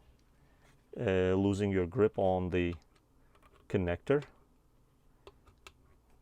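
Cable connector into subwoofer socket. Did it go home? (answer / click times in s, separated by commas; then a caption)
yes / 5.7 s. Someone talks while a cable connector is pressed into the subwoofer socket of a first-generation Apple HomePod (A1639), keeping a grip on the connector. After the talking stops, a few faint ticks lead to a sharp click at 5.7 s as the connector snaps in place and is connected.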